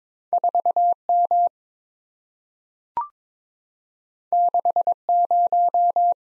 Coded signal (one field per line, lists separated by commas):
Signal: Morse code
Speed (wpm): 22 wpm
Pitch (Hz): 700 Hz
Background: none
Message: 4M 60